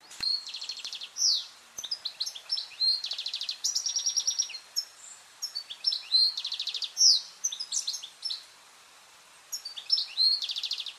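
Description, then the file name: European goldfinch giving rapid tinkling, buzzy twitters in bursts, high bright notes and trills that repeat with short pauses throughout, some thin chirps between. "Carduelis carduelis"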